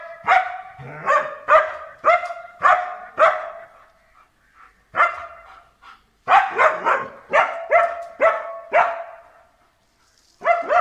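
German Shepherd barking in runs of several barks, separated by short pauses.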